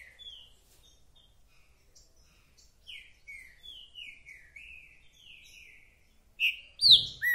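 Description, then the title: Green-winged saltator song: a string of soft descending whistled notes, then three loud sweeping whistles near the end. Singing and calling with male aggression in a territorial dispute; a repeater giving one song after another; 'mercenário' song type; presented to warm up other saltators. "Esse É PERFEITO Para ESQUENTAR Seu TRINCA Piando, Cantando E Macheando Na DISPUTA. 🔥TRINCA FERRO REPETIDOR !! UM CANTO ATRÁS DO OUTRO!!! TRINCA FERRO MERCENARIO!"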